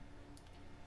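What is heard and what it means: Pin 18's crimped wire terminal is pushed into a plastic multi-pin harness connector for an Acura TL navigation sub display harness, after the previous pins have clicked in. A short tick is heard at 0.4 s as the terminal seats into its cavity.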